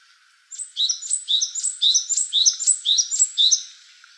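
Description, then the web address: Japanese tit calling in a quick series of high, paired chirping notes, a higher note followed by a lower one, repeated steadily for a few seconds. "birdenaga sijukara"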